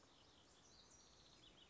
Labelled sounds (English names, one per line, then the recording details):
House Wren
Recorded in Sonoma County, California